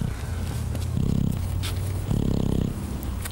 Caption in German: Und deshalb machen wir die so schnell wie möglich wieder wach. Hier hört man, wie er schnarcht.